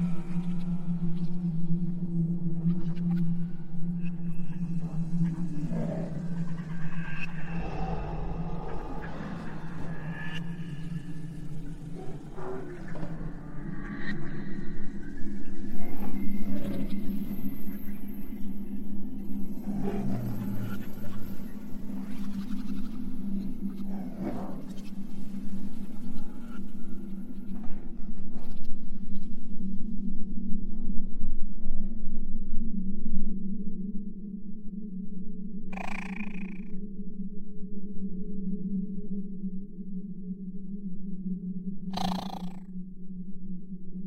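Exoplanet ambience built on a steady low hum that drones through the whole piece, with shifting tones and faint warbling calls drifting above it in the first half. After about 30 seconds it thins out, leaving the hum and two sharp metallic pings near 36 and 42 seconds.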